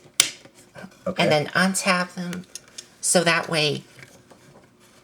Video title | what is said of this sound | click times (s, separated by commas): Transformers Studio Series 86 Ultra Magnus (Japanese Version) | Until you hear a click. | 0.2 s